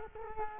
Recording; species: mosquito wingbeat signal from an infrared sensor; Culex quinquefasciatus